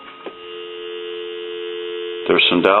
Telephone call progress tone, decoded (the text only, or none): dial tone